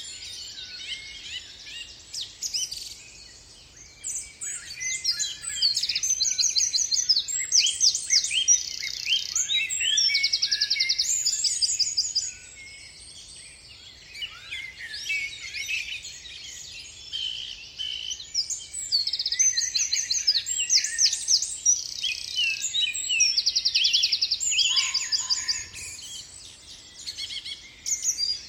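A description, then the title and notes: A dawn chorus in an English woodland, with many birds singing at once in dense, overlapping bright trills, chirps and repeated phrases. The singing swells from about five seconds, eases briefly near twelve, then resumes busily. A faint low rumble sits underneath throughout. Binaural Soundscape. A binaural dawn chorus recording from an English woodland on the borders of Herefordshire.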